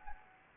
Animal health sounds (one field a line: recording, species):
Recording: mosquito wingbeat signal from an infrared sensor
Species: Anopheles gambiae